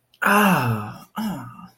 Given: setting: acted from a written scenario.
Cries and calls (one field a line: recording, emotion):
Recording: vocal sound without words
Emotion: pain